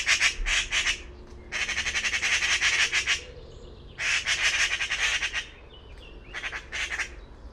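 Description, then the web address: Bird producing harsh chattering bursts of rapid pulses, a few runs of varying length with short gaps. Call type labelled "Pi Pi Pi Pi" class, bird-only dataset, 2025. "cianscape birddata Deverinetal 2025 File origin Bird Only More Classes Pi Pi Pi Pi"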